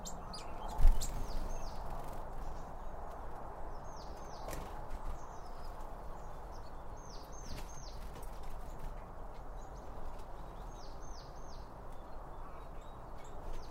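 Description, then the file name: Small birds give faint clusters of quick downslurred whistles, repeating every few seconds over a steady low rumble, with a few sharp clicks. Birds around a bird feeder, recorded with two Line Audio OM1 microphones. "Birds Around Birdfeeding With Two Om 1 From Line Audio"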